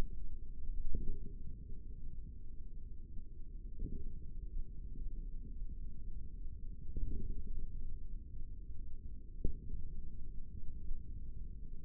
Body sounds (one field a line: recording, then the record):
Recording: forearm muscle sounds (acoustic myography)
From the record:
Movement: finger pinch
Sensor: system 3, bracelet of six PUI Audio POM-2738L microphones around the upper forearm, with dedicated amplification and filtering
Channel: 6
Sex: male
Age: 25 years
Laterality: right